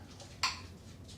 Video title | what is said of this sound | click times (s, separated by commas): How To Make Seedless Blackberry Jam | here them yeah they're popping that one just popped I think every one of them's popped now | 0.4 s